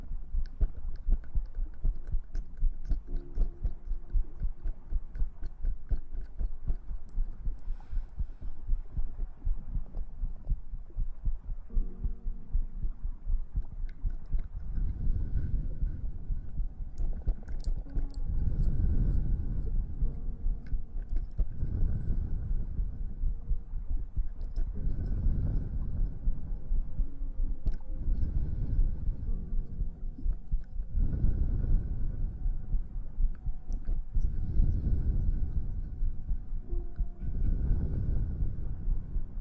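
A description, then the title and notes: Ear massage with a steady, dense low rumble and muffled rubbing throughout. From about 15 seconds, deeper swelling pulses arrive every few seconds, like slow throbbing strokes, while faint clicks and a thin high tone flicker above. TimASMR- Ear Massage Water Sounds.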